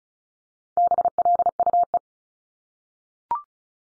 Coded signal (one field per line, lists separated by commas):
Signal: Morse code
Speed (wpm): 36 wpm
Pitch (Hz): 700 Hz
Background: none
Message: BLUE